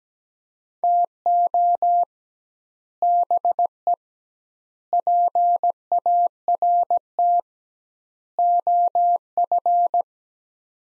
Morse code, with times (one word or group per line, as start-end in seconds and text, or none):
0.8-2.0 TO
3.0-3.9 BE
4.9-7.4 PART
8.4-10.0 OF